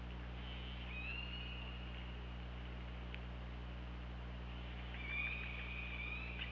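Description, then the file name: Killer whale calls, two long harmonic calls, the second rising at its start, over constant low underwater hum. OrcaLab hydrophone, 24 August 2017 at 21:20. "Orca Lab UTLN JASON 20170824 212030 h 2 LL ORCALABDYNI"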